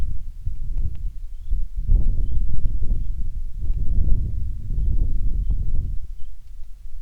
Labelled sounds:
songbird
wind

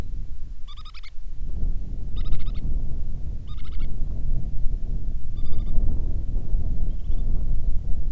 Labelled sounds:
bird
wind

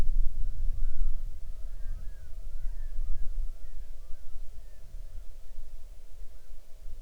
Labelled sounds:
bird

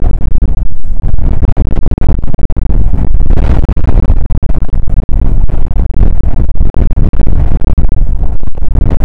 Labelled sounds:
wind

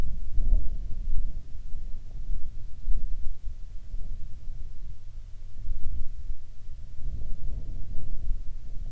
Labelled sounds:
wind

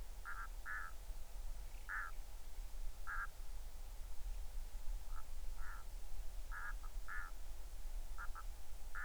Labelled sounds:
waterfowl

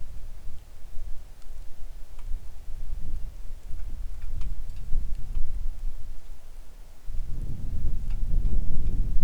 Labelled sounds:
wind
rain

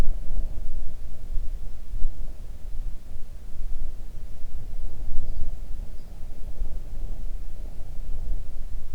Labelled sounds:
bird
wind

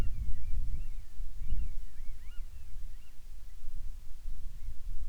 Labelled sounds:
bird
wind

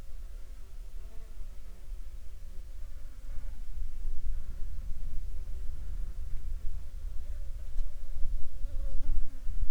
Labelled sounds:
insects

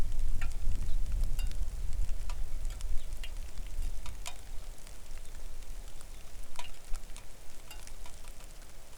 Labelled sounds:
songbird
rain

